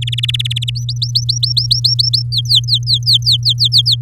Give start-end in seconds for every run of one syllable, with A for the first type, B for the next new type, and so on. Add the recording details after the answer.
0.02-0.70 A, 0.75-2.22 B, 2.32-3.96 C. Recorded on 10 May 2018 at 05:52. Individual llb16